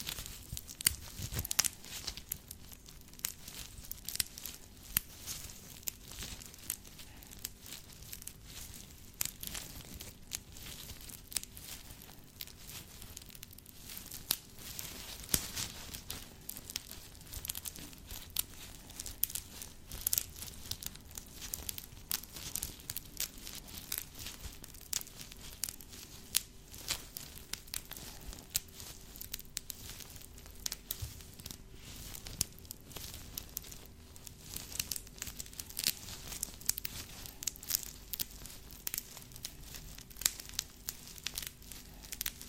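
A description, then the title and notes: Gloved scratching runs throughout as a dense, irregular stream of short rasping strokes, bright and crinkly, like material being rubbed and crumpled. The strokes come in quick uneven bursts with no long pauses, and a faint low steady hum sits underneath. ASMR Scratching (With Gloves).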